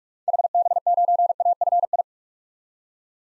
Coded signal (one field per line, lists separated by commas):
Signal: Morse code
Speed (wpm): 45 wpm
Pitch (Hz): 700 Hz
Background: none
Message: HB9AFI